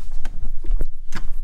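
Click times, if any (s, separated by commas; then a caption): 0.2 s, 0.8 s. A plastic K&N intake housing is lined up and pushed onto its engine-bay intake mount on a 981 Cayman Boxster GT4. Its bottom tab snaps in with a sharp click at 0.3 s, then its top tab clicks in at 0.8 s. Both tabs are seated, and someone talks throughout.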